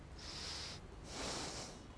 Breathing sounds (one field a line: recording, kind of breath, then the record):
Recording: one breath in and out by a microphone near the nose and mouth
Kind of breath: deep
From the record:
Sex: male